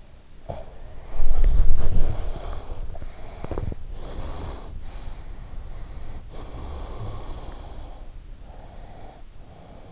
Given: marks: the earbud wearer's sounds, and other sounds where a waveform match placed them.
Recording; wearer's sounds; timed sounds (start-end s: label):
sounds in sleep by an in-ear microphone; body movement, breath
0.00-4.00 s: body movement
1.77-9.20 s: breath